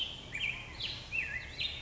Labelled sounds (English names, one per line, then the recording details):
Black-headed Grosbeak
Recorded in Sonoma County, California